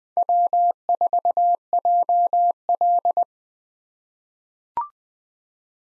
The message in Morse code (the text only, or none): W4JL